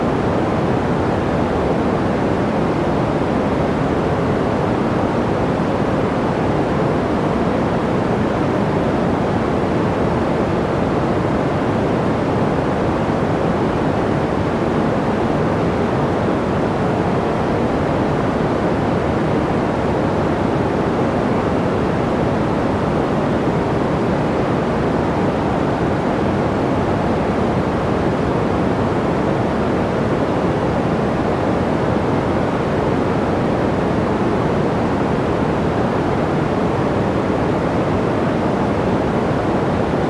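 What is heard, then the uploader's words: Deep green noise runs without pause, a thick, even hiss weighted toward the low and middle range with the top softened away. Nothing rises or falls over the forty seconds; the level stays constant, close and full, like a distant steady surf. The Softest White Noise | Natural Green Noise. Deep Green Noise, sometimes called Emerald Noise—a harmonious soundscape that transcends the boundaries of white and brown noise.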